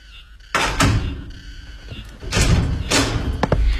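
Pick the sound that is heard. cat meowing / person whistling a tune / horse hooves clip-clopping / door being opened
door being opened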